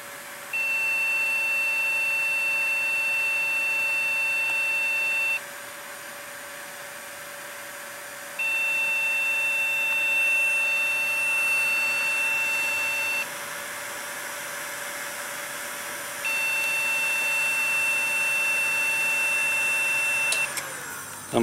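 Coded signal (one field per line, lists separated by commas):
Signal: beep code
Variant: Award BIOS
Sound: three long steady high beeps, each about 5 seconds, separated by 3-second pauses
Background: computer fan hum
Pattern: 1 long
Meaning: Repeating long beep means a memory error: bad or missing RAM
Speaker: this is an msi 6714 with a one beep error code and what i want to show it's actually the ram kick this on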